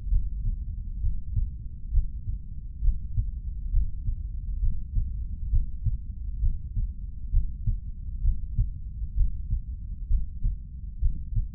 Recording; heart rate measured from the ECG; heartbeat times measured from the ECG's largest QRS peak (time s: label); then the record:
heart sounds by stethoscope; 66 bpm
0.10 s: heartbeat
1.00 s: heartbeat
1.91 s: heartbeat
2.81 s: heartbeat
3.71 s: heartbeat
4.60 s: heartbeat
5.50 s: heartbeat
6.40 s: heartbeat
7.31 s: heartbeat
8.22 s: heartbeat
9.14 s: heartbeat
10.07 s: heartbeat
10.99 s: heartbeat
From the record:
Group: healthy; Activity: breath hold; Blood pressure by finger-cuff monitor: 122/86 mmHg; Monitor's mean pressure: 97 mmHg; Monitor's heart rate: 66 bpm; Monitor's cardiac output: 3.2 L/min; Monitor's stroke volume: 48 mL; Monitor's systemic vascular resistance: 2160 dyn s/cm5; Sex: male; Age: 55 years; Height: 167 cm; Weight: 57.2 kg